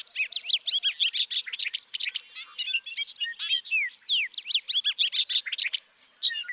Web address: songs Bobolink